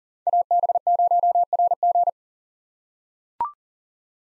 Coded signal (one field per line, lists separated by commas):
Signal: Morse code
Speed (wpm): 40 wpm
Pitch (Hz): 700 Hz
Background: none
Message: AB0RG